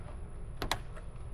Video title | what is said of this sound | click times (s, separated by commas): How To Change Front Curb View Camera On a 2020-2024 Chevy Tahoe Suburban GMC Yukon | it just pops right in | 0.7 s